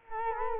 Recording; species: mosquito wingbeat signal from an infrared sensor; Culex quinquefasciatus